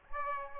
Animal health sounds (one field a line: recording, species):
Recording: mosquito wingbeat signal from an infrared sensor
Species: Aedes albopictus